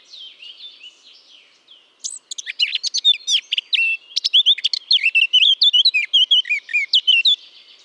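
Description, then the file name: Eurasian blackcap song: a soft scratchy warble for two seconds, then a loud, rapid run of clear fluty and chattering notes lasting about five seconds. "Sylvia atricapilla"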